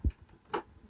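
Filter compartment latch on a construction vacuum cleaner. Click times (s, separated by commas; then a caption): 0.0 s. A coin is pressed into the plastic latch of the filter compartment on a construction vacuum cleaner, and the latch clicks open at 0.0 s. A second, brighter click follows at about 0.5 s, and the cover opens and locks in place.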